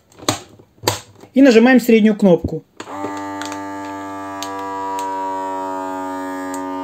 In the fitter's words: пакет специальный стопор и накрываем крышкой до щелчка и нажимаем